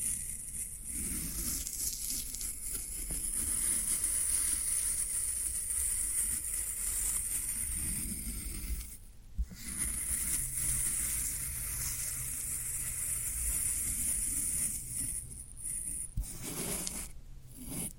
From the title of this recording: Floral Foam Sounds